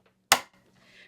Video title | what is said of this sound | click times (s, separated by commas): JUKI TL: 10 Things No One Tells You | did you hear that click once you've heard that click we know it's ready to go and in place correctly | 0.3 s